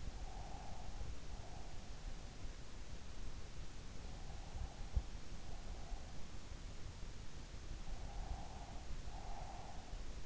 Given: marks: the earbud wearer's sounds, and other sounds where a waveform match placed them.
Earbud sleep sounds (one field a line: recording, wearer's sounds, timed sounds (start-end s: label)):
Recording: sounds in sleep by an in-ear microphone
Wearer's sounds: breath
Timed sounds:
0.00-2.18 s: breath
7.82-10.26 s: breath